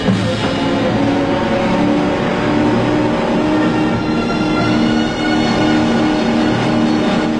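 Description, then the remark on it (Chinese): A powerful speedboat engine, its fuel tank shot through, roars steadily and loudly for several seconds as the boat runs ashore on a small island, a dense, rumbling drone with a constant rough pitch and no voices. “已经被打爆油箱的快艇冲到小岛的岸上，这突如其来的一幕正好被麦克纳的妻子和朋友们看见。”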